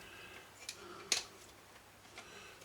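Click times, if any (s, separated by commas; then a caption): none. A plastic part is turned into the housing of a Numark KMX 02 mixer during a repair, making short, light plastic ticks and knocks at about 0.7, 1.1 (the loudest), 2.2 and 2.7 seconds against a quiet background. The part does not lock into place because a piece of plastic is broken, and nothing has seated or clicked yet.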